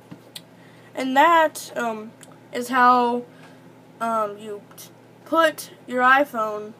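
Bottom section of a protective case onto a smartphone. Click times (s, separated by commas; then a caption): 0.4 s. The bottom section of a rugged Otterbox protective case, the part around the headphone jack and Lightning port, is pressed onto an Apple iPhone and snaps into place with a faint tick at 0.1 s and a sharp, short click at 0.4 s. After that, someone talks.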